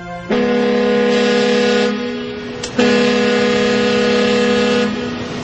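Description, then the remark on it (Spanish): Two blasts from a ship's siren, each a loud, steady, low-pitched droning tone lasting under two seconds, separated by a brief pause, with no voices. “Sirena, dos toques cortos. A la orden, señor, dos toques cortos.”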